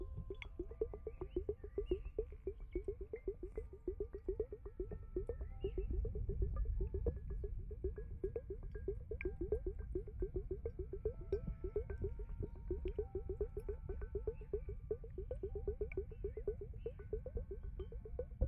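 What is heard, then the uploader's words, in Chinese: Slime goo in a water hourglass makes a steady, dense run of soft wet pops and squelches, several per second, without a pause. A low murmur sits underneath, swelling slightly around six to eight seconds, with faint thin tones drifting above. 水沙漏 史莱姆黏液。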